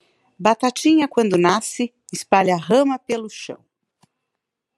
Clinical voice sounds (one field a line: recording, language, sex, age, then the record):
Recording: short text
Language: Brazilian Portuguese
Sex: female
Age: 40 to 49 years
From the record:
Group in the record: control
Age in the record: 49 years